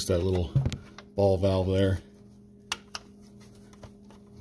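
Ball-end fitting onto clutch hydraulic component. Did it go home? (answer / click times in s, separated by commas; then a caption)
yes / 2.7 s. Someone talks, then a small ball-end fitting is pushed onto its mount during clutch hydraulic reassembly on a Ford Fiesta clutch and slave cylinder replacement. It snaps into place with a sharp click at 2.7 s, followed by a softer click at 3.0 s and faint handling noises, leaving it seated.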